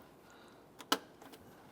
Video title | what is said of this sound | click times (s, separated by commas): How to Replace A/C Condenser Cooling Fan Assembly 2008-2012 Honda Accord | it'll snap right into place. | 0.9 s